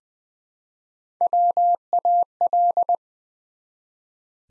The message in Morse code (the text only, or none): WAL